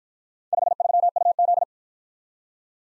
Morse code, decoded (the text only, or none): 53UZ